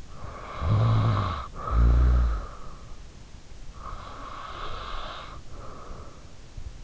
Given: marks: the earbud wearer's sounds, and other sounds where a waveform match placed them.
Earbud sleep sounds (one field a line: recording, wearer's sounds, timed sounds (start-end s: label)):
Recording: sounds in sleep by an in-ear microphone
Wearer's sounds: snoring breath, breath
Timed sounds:
0.23-2.97 s: snoring breath
3.65-6.34 s: breath